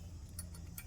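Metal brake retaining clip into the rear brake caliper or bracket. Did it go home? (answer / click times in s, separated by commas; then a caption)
yes / 0.4 s, 0.8 s. A metal brake retaining clip is pushed back into its spot on the rear brake caliper or bracket during a rear brake pad and rotor replacement on a 2018 Dodge Durango SUV. Over a low background hum, sharp metallic snaps ring out at 0.4 s and 0.8 s, with a fainter tick at 0.6 s between them. The clip is seated.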